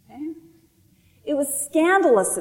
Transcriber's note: gasp